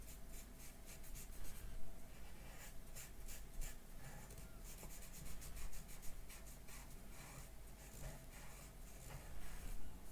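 Dry rubbing and scratchy strokes from makeup being applied onto paper, with quick bright swipes repeating every fraction of a second. The level stays fairly even throughout, a few sharper scrapes stand out near the second and tenth seconds, and a low steady hum sits underneath.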